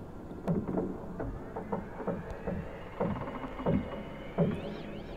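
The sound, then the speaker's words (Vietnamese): Wooden creaks and knocks from six wooden boards repeat at a steady, uneven pace, mostly low-pitched clunks with a faint rising whine near the end. No one speaks. “Những tiếng động ấy cứ vang lên đều đều, cọt cả cọt kẹt, như thể là từ bên trong có ai muốn thoát ra ngoài vậy.”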